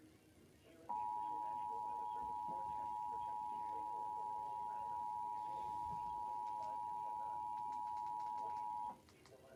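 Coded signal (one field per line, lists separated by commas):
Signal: Emergency Alert System (SAME) tones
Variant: 853 and 960 Hz attention tone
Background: speech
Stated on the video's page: Required Monthly Test and Required Weekly Test.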